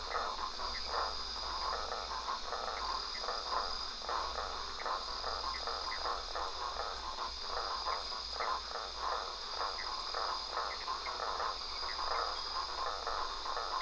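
Frog calls form a long, dense series of short rattling croaks, repeated rapidly and evenly, over steady hiss.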